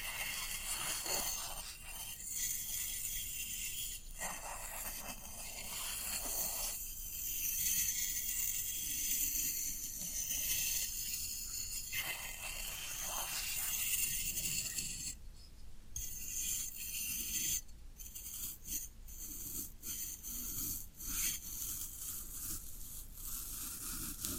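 Floral foam being handled, giving a steady, dense crackling and crunching with a bright, papery hiss that runs through the whole stretch. Short bursts of louder scraping land every few seconds, most sharply around 15 and 18 seconds, over a faint low rumble.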